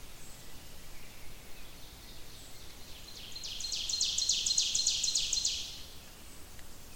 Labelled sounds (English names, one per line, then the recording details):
Ovenbird song
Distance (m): 50 m
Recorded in boreal forest in Alberta, Canada, on 28 May 2016 at 05:01
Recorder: SongMeter 3, array SBT-3-49
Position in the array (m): 105 m, 279 m
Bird 14